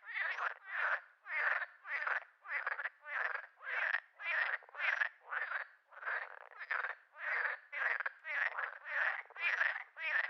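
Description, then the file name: Frog giving rapid rasping croaks, each note a short buzzy burst, repeated in an even stream near two per second. Frog described as laughing. "Digiffects Sound Effects Library - Frog Laughing"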